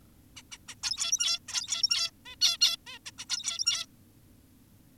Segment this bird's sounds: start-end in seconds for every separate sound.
0.36-0.42, 0.52-0.58, 0.68-0.75, 0.83-1.39, 1.48-2.11, 2.26-2.36, 2.42-2.58, 2.61-2.77, 2.87-2.99, 3.06-3.11, 3.18-3.25, 3.30-3.86